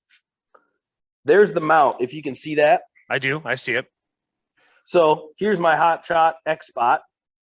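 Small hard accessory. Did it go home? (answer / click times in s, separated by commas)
no / none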